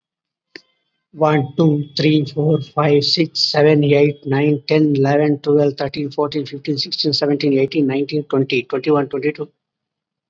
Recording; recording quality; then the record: counting at a fast pace; excellent, no background noise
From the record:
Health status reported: COVID-19 positive, moderate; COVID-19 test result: positive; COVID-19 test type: RT-PCR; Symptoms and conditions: cough, fever, fatigue, muscle pain, loss of smell and taste, diabetes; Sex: male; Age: 39 years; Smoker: no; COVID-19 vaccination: both doses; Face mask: not worn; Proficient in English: no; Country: India